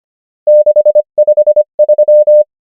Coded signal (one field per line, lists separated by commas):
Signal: Morse code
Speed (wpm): 25 wpm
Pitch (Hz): 600 Hz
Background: none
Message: 653